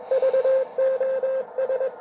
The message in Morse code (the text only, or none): VOS